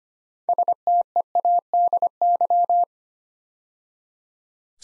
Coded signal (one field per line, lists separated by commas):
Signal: Morse code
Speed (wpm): 25 wpm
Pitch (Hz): 700 Hz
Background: none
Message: STEADY